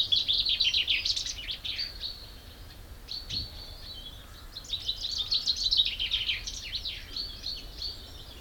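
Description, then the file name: Common chaffinch song: two vigorous phrases of rapid notes, separated by a few seconds of softer twittering. "Fringilla coelebs"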